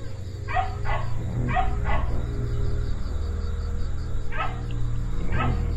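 Dog barks in paired bursts, two pairs early and two spaced barks near the end, over a constant low hum.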